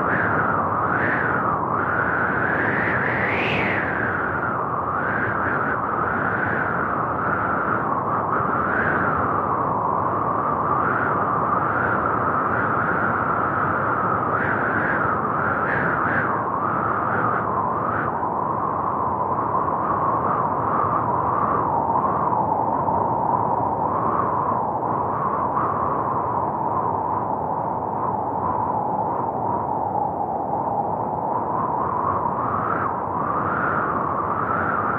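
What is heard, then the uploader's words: Wind blows steadily and densely throughout, a full, rushing roar weighted toward the low and middle range. Its tone swells and ebbs gently every few seconds, with a brighter gust rising near the start and slight whooshing surges scattered later. Serenity in the Wind. Wind sounds.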